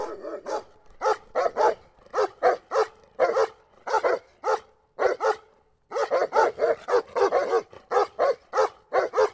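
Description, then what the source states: Dogs barking in bursts, sharp barks in quick clusters with short pauses, continuing steadily throughout. Two dogs barking in a polyrhythmic duo.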